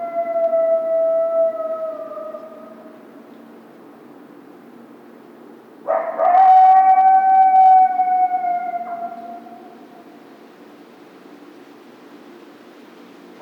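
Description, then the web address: Coyote howls: a long steady tonal howl fading out, then after a quiet gap a second howl that holds level for about three seconds. Recorded 2 March 2010; howl. "Coyote 2010 03 02 14 howl"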